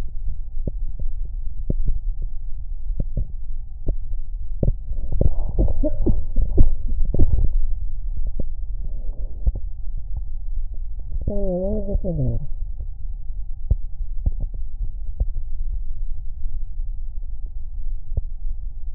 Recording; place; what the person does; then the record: lung sounds by stethoscope; left posterior basal chest; quiet breathing, then cough and speech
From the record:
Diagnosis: asthma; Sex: female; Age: 66 years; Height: 172 cm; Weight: 76 kg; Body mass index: 25.7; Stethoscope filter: extended mode